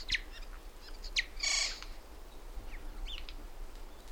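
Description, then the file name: Eurasian jay giving one harsh, noisy screech lasting about a quarter second, between short high chirps. "Garrulus glandarius"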